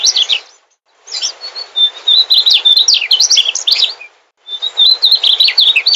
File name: sikatan mugimaki song